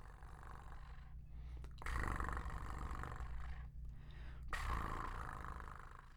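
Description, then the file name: Cat purring, a deep continuous rumble that swells on each breath, with short quiet breaks between breaths roughly every two to three seconds. "Ronrroneo Gato"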